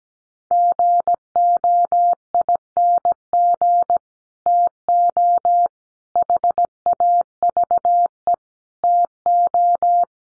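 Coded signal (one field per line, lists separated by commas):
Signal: Morse code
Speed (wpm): 17 wpm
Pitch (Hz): 700 Hz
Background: none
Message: GOING TO HAVE TO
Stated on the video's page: Morse practice of five-word sets at 17wpm, each set sent before and after being spoken.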